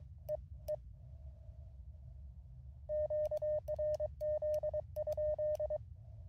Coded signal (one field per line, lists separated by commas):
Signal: Morse code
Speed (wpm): 22 wpm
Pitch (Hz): 610 Hz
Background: none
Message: E E QRZ?